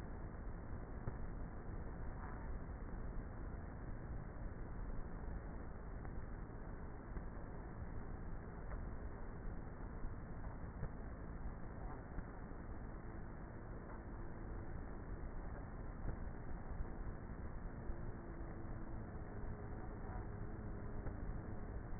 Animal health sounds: honeybee colony, microphone inside the hive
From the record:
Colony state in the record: queenless with a low population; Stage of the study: before two queens were removed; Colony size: about 30,000 bees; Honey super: no

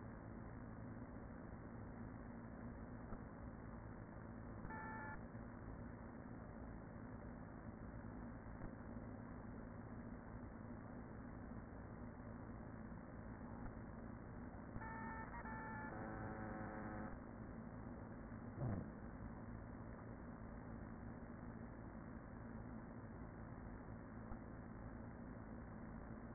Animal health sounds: honeybee colony, microphone inside the hive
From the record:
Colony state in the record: queen present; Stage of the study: after two queens were removed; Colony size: about 40,000 bees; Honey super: no

